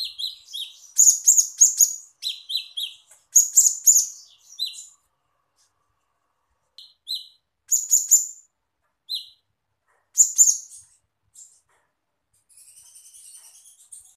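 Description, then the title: Small bird twittering: sharp high chirp clusters in bursts separated by silences, with a faint high twitter at the end. "Burung Kecil"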